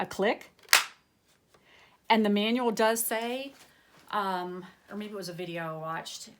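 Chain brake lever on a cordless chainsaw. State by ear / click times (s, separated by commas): released / 0.7 s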